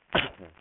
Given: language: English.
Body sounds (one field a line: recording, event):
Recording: throat vibration sensor signal played as sound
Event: cough